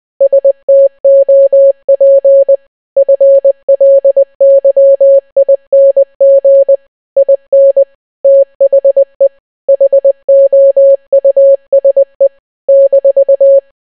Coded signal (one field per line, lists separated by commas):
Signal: Morse code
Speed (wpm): 20 wpm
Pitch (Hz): 550 Hz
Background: none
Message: STOP FLYING IN THE HOUSE -